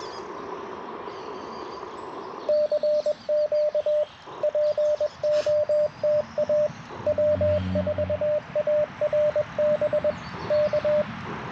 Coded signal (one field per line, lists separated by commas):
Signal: Morse code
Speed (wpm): 21 wpm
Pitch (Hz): 600 Hz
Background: radio noise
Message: CQ POTA W4ARB K